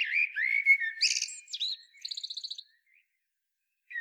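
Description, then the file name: Common blackbird song: a smooth fluted whistle rising and falling, then a squeaky flourish and a quick string of pulsed high notes. "Turdus merula"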